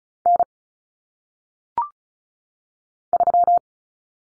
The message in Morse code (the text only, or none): N 3